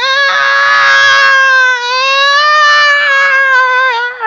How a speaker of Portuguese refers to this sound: Vocês começam a escutar como se fosse um grito, um ganido, um choro, um som bizarro.